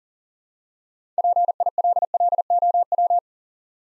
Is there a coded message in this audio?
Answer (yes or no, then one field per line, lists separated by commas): yes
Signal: Morse code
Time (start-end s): 1.2-3.2 s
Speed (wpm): 44 wpm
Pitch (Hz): 700 Hz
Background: none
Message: PILLOW